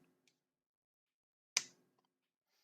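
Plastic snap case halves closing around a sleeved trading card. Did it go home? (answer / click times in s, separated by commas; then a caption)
no / none. A plastic mini snap case is closed over a trading card in a small sleeve, its halves coming together around the card. A faint tick sounds near 0.3 s and a sharp, brief contact sound at 1.6 s, followed by quiet. Nothing has clicked shut yet; the case closes without snapping even though it should.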